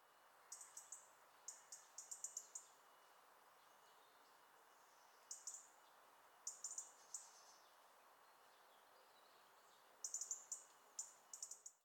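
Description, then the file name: European robin calls: thin, very high clicking bursts in short clusters, recurring every few seconds, faint against a steady low background hiss. "Erithacus rubecula"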